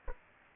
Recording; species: mosquito wingbeat signal from an infrared sensor; Aedes aegypti